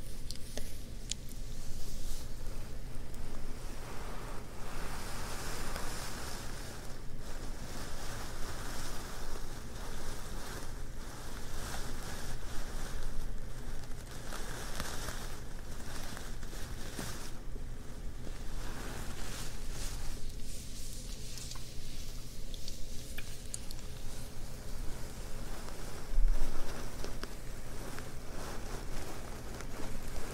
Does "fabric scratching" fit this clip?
yes